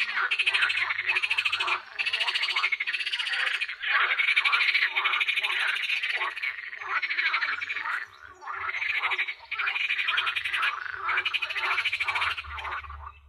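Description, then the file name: Frog chorus of fast pulsed croaking trills in long bursts of a few seconds, separated by short quieter breaks. Frogs calling at a pond. "Frogpond"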